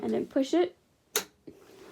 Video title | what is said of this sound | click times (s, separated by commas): How to wind the bobbin on your sewing machine. | hear the snap and this is in so that is your pushin bobbin | 1.2 s